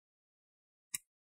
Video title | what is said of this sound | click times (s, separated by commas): How to Upgrade RAM on Alienware 17 R5 - Step-by-Step Installation Guide | you want to hear those big click sounds all right once you did the back on the side | 0.9 s